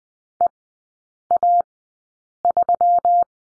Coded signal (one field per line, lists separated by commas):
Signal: Morse code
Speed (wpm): 20 wpm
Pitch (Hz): 700 Hz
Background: none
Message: EA3